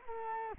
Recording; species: mosquito wingbeat signal from an infrared sensor; Culex quinquefasciatus